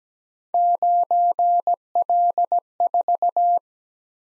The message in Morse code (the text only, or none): 9L4